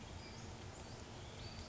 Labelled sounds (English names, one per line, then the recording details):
Western Flycatcher
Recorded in Sonoma County, California